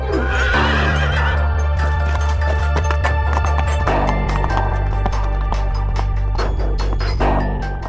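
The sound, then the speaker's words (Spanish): A horse whinnies loudly while hooves pound in a quick galloping rhythm, the clatter continuing steadily over a low, constant rumble for several seconds. “Alazán blanco, que galopas por las cimas de los bosques, aglutinando a los caballos salvajes que se crían libres, sin sentir el yugo humano.”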